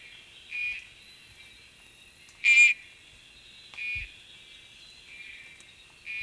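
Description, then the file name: Oreophryne inornata frog calls: several short, high chirped notes at somewhat irregular intervals, one louder than the rest, over a faint steady high hum. "Oreophryne inornata"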